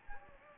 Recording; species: mosquito wingbeat signal from an infrared sensor; Anopheles gambiae